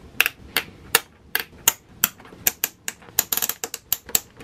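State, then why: Seated. A plastic retaining bracket on a turn-signal flush mount in a motorcycle fairing is pressed down and ratchets into place. It gives a run of sharp, bright clicks, with the main ones at 0.2, 1.0, 1.7, 2.0, 2.5 and 4.2 seconds and quicker smaller clicks in between. The bracket ends up seated and securely in place.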